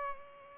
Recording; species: mosquito wingbeat signal from an infrared sensor; Culex pipiens